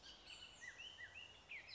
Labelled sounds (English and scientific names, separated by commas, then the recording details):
Bullock's Oriole (Icterus bullockii)
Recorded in Sonoma County, California